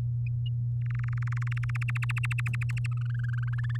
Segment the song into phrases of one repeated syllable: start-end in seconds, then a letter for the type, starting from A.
0.81-2.05 A, 2.09-2.87 B, 2.92-3.77 C